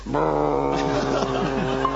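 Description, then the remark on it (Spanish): A voice imitates a jet ski engine to show how one rides it, making a steady, buzzing, growly drone that lasts about two seconds, its pitch wavering slightly up and down as it revs. “Y dígame, ¿moto de agua? ¿Cómo andamos de la moto de agua?”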